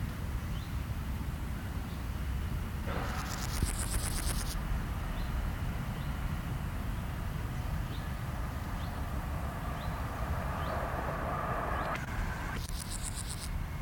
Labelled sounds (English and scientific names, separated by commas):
Meadow Grasshopper (Chorthippus parallelus) stridulation